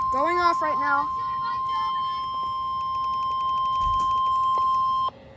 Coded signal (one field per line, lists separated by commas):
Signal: Emergency Alert System (SAME) tones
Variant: 1050 Hz attention tone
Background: speech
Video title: PDS Severe Thunderstorm Warning (EAS 13) (FIRST EVER PDS!!)